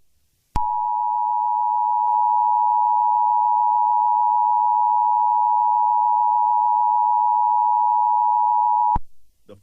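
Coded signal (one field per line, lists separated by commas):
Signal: Emergency Alert System (SAME) tones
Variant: 853 and 960 Hz attention tone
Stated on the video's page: Fictional EAS scenario, not a real alert.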